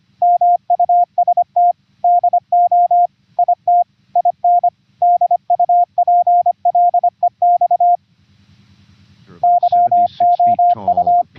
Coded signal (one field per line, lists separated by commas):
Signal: Morse code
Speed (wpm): 26 wpm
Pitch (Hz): 700 Hz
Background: radio noise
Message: MUST DO IT IN DUPLEX YOU